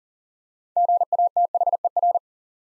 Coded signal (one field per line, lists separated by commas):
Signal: Morse code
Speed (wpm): 40 wpm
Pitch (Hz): 700 Hz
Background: none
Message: GATHER